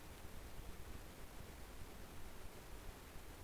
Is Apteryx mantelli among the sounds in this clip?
no